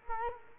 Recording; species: mosquito wingbeat signal from an infrared sensor; Culex quinquefasciatus